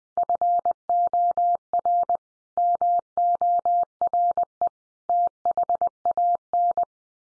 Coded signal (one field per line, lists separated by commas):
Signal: Morse code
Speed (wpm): 20 wpm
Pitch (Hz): 700 Hz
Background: none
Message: FOR MORE THAN